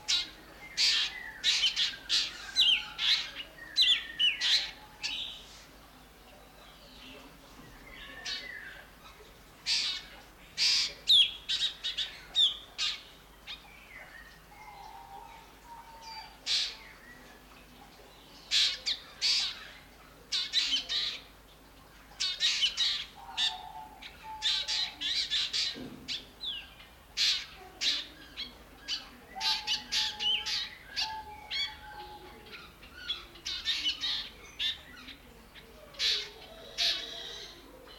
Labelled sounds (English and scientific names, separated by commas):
Black Drongo (Dicrurus macrocercus)